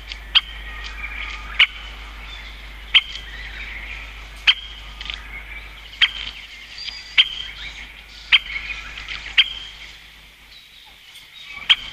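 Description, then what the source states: Great Spotted Woodpecker calls: sharp, short 'kik' notes repeated at intervals of a second or more, over faint sounds of other birds. Call (jinaki) said to differ little from the Japanese green woodpecker's, making them hard to tell apart; commoner in eastern than western Japan; its drumming, its song, called the most beautiful, 18–22 strikes per second.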